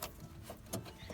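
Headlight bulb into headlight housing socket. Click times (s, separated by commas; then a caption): 0.7 s. Working blind behind the headlight of an Audi A4 / Volkswagen Passat, a replacement headlight bulb is pushed back into its holder in the headlight housing. After a short tap at the start, a sharp snap at 0.7 s marks the bulb seating firmly in place.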